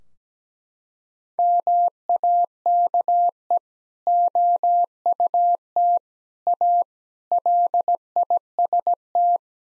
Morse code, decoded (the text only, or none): MAKE OUT A LIST